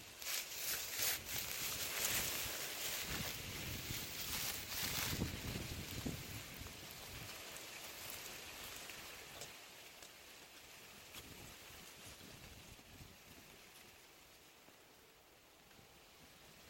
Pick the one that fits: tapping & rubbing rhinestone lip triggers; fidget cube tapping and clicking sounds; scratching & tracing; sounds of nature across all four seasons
sounds of nature across all four seasons